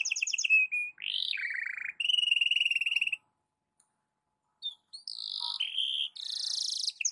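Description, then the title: Belgian canary song: bright rapid trills and buzzy rolls high in pitch, switching phrase every second or so, with a short pause midway. Belgian canary; morning song used to warm up the bird and as tutor song for training (masteran). "Canto Para Esquentar Canário Belga. SUARA BURUNG KENARI DI PAGI HARI COCOK BUAT MASTERAN"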